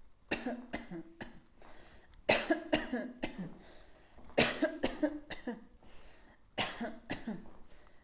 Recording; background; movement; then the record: voluntary coughing; quiet; walking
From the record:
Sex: female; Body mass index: 25.5 kg/m2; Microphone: on the chest, facing outward